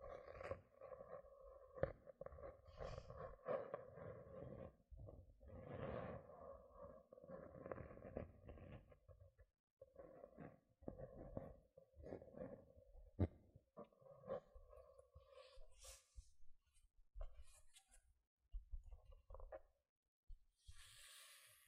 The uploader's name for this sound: Gentle Scratching Sounds